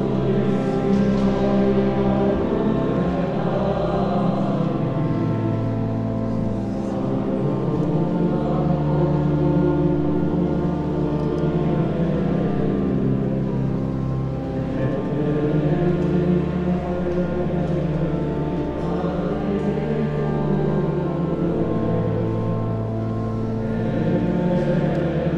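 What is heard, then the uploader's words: Inside the Church of the Holy Sepulchre in Jerusalem, low sustained tones hold steadily for the full stretch, thick and layered like voices chanting together. The pitch shifts every few seconds while the loudness stays even, with faint rustles and higher noises above. The single recording there is from the Church of the Holy Sepulchre in Jerusalem. Church Of The Holy Sepulchre, Jerusalem.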